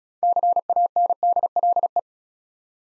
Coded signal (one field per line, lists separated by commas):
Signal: Morse code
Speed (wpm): 34 wpm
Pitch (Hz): 700 Hz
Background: none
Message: CANDLE